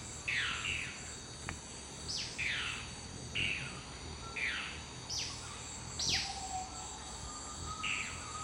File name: Dusky throated antshrike